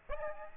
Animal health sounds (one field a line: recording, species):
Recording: mosquito wingbeat signal from an infrared sensor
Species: Aedes aegypti